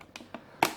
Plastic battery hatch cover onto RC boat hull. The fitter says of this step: like so and then push this cover up to hear it click